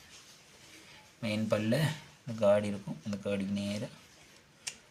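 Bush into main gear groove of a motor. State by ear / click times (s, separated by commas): seated / 4.7 s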